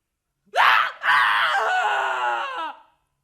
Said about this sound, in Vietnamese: Một tiếng hét kinh hoàng, gần như có thể vang vọng khắp cả khách sạn, cũng đã vang lên.